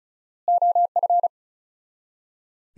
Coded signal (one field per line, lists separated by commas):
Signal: Morse code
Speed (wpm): 36 wpm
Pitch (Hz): 700 Hz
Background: none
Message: OF